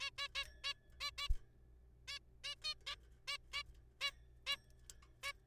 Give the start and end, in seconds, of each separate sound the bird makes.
0.01-0.10, 0.18-0.28, 0.35-0.44, 0.64-0.73, 1.01-1.10, 1.18-1.28, 2.08-2.19, 2.44-2.55, 2.64-2.74, 2.87-2.95, 3.28-3.37, 3.54-3.63, 4.01-4.10, 4.47-4.56, 5.23-5.32